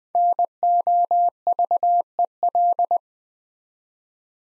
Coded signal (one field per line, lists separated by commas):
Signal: Morse code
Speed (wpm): 20 wpm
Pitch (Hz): 700 Hz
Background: none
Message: NOVEL